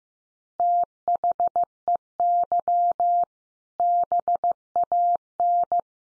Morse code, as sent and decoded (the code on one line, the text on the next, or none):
- .... . -.-- / -... .- -.
THEY BAN